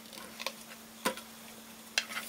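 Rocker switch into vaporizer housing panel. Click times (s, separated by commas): 2.0 s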